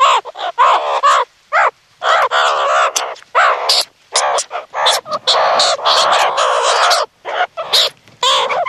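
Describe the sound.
Meerkat chatter in quick, choppy bursts of rough harmonic yelps and chirps, separated by short silences.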